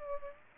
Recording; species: mosquito wingbeat signal from an infrared sensor; Aedes aegypti